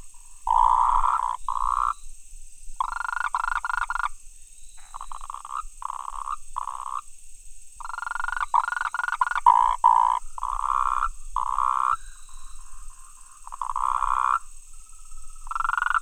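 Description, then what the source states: Frog calls, bursts of nasal, buzzy croaks in irregular runs with short gaps, some fast rattling pulses, over a steady high hiss. Recorded 28 October 2017.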